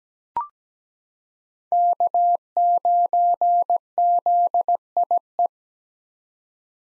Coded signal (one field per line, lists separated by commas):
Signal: Morse code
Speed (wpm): 17 wpm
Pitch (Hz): 700 Hz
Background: none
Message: K9ZIE